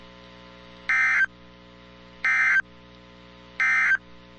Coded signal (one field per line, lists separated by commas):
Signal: Emergency Alert System (SAME) tones